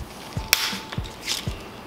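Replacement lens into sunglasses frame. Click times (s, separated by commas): 0.5 s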